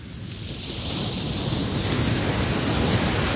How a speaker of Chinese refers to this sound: 而家冇得吹海风，听下海浪声。自己幻想一下自己在这个海岸边吹着这个海风。